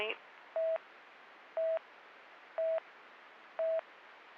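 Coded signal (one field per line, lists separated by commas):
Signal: none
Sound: police radio channel beeps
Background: speech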